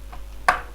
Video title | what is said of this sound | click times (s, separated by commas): TUTO - Créer/Monter un PC [2/3] - Fr [HD] | Ça se clipse. Magnifique la technologie. | 0.5 s